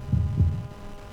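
One low lub-dub of a normal adult heart heard by stethoscope just left of the center of the chest: a relatively long, bounding first sound from the contracting heart muscle and closing atrioventricular valves, then a short, sharp second sound as the aortic and pulmonary valves slam shut while the heart relaxes.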